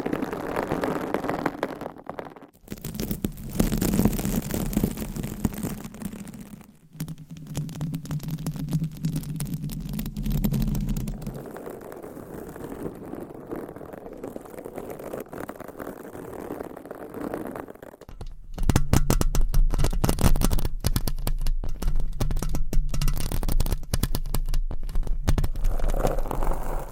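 Nails scratch across microphone covers in dense, rough bursts, with a low rumbling hum under most passages. The texture shifts between sections: scratchy and bright at first, duller and quieter around the middle, then louder and crackly from about 18 seconds on, with brief silent gaps between segments.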